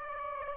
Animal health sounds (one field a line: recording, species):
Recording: mosquito wingbeat signal from an infrared sensor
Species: Aedes aegypti